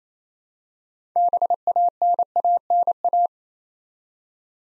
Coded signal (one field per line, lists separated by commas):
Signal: Morse code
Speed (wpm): 29 wpm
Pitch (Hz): 700 Hz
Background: none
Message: BANANA